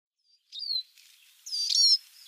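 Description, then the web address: Eurasian siskin giving two high, thin calls: a short downward-sliding whistle, then a longer, harsher twittering note about a second later. "Schulze Peter Siskin calls"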